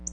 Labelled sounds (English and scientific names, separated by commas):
Black-throated Blue Warbler (Setophaga caerulescens) flight call